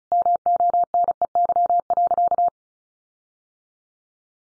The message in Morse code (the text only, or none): MONEY.